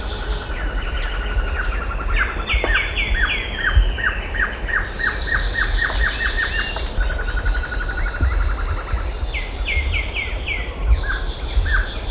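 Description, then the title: Glossy antshrike song: a long series of short, downslurred notes, then a brief second run, overlapped by higher bird chirps and a steady low rumble. "LuckyPassaro Completos2Sama. Glossy Antshrike (Sakesphorus luctuosus)"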